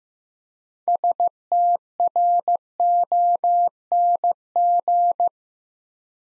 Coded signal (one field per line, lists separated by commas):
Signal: Morse code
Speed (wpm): 15 wpm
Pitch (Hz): 700 Hz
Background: none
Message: STRONG